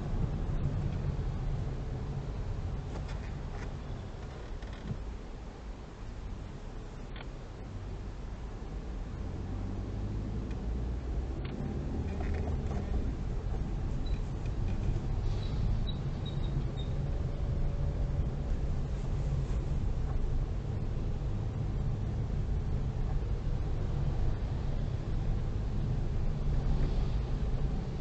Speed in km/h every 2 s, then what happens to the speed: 12, 7, 4, 6, 10, 13, 14, 18, 19, 17, 17, 17, 17, 17.
0-4 slows to 4. 4-15 speeds up to 19. 15-28 steady at about 17.